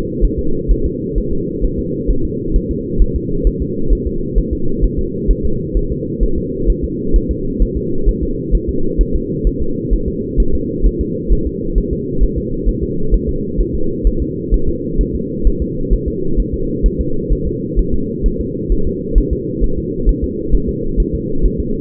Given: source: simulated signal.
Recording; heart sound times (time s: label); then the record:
fetal heart sounds
0.25 s: S1
0.39 s: S2
0.72 s: S1
0.86 s: S2
1.18 s: S1
1.33 s: S2
1.65 s: S1
1.79 s: S2
2.11 s: S1
2.25 s: S2
2.56 s: S1
2.71 s: S2
3.02 s: S1
3.16 s: S2
3.47 s: S1
3.62 s: S2
3.93 s: S1
4.07 s: S2
4.38 s: S1
4.53 s: S2
4.84 s: S1
4.99 s: S2
5.31 s: S1
5.45 s: S2
5.77 s: S1
5.92 s: S2
6.23 s: S1
6.38 s: S2
6.70 s: S1
6.84 s: S2
7.16 s: S1
7.31 s: S2
7.62 s: S1
7.77 s: S2
8.09 s: S1
8.23 s: S2
8.55 s: S1
8.69 s: S2
9.01 s: S1
9.15 s: S2
9.47 s: S1
9.62 s: S2
9.94 s: S1
10.08 s: S2
10.40 s: S1
10.55 s: S2
10.86 s: S1
11.01 s: S2
11.33 s: S1
11.47 s: S2
11.78 s: S1
11.93 s: S2
12.23 s: S1
12.38 s: S2
12.69 s: S1
12.83 s: S2
13.14 s: S1
13.29 s: S2
13.61 s: S1
13.75 s: S2
14.07 s: S1
14.22 s: S2
14.54 s: S1
14.69 s: S2
15.01 s: S1
15.15 s: S2
15.47 s: S1
15.62 s: S2
15.93 s: S1
16.08 s: S2
16.40 s: S1
16.54 s: S2
16.86 s: S1
17.01 s: S2
17.33 s: S1
17.47 s: S2
17.79 s: S1
17.94 s: S2
18.26 s: S1
18.41 s: S2
18.72 s: S1
18.87 s: S2
19.18 s: S1
19.33 s: S2
19.64 s: S1
19.78 s: S2
20.09 s: S1
20.24 s: S2
20.55 s: S1
20.69 s: S2
21.00 s: S1
21.15 s: S2
21.46 s: S1
21.60 s: S2
From the record:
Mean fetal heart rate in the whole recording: 130 bpm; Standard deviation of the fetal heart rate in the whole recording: 2 bpm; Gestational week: 36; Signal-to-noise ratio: -8.1 dB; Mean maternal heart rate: 72 bpm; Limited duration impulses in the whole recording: absent